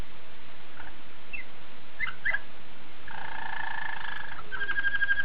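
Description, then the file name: Waterslager canary song: scattered soft notes, then a sustained rolled tone followed by a faster pulsing trill. Waterslager breed of canary. "suara kenari waterslager"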